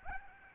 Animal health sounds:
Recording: mosquito wingbeat signal from an infrared sensor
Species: Aedes albopictus

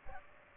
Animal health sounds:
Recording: mosquito wingbeat signal from an infrared sensor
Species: Aedes aegypti

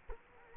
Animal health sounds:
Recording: mosquito wingbeat signal from an infrared sensor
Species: Culex quinquefasciatus

